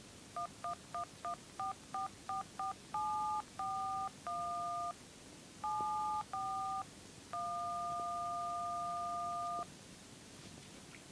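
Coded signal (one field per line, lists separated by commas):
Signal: DTMF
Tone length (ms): 490 ms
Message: 11114444741 74 1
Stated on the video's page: Mary Had A Little Lamb played on an iPhone keypad.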